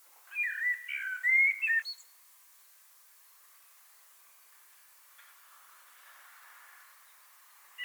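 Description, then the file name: Common blackbird gives one short fluted warbling phrase with a brief high ending, followed by several seconds of near quiet. "Turdus merula"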